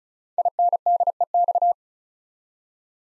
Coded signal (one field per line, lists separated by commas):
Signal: Morse code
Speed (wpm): 36 wpm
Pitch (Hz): 700 Hz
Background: none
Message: INDEX